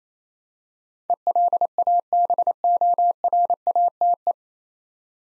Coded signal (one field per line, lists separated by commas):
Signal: Morse code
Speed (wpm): 27 wpm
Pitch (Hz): 700 Hz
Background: none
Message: ELABORATE